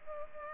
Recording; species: mosquito wingbeat signal from an infrared sensor; Culex pipiens